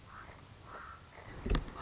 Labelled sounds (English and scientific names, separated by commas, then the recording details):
Common Raven (Corvus corax)
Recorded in Sonoma County, California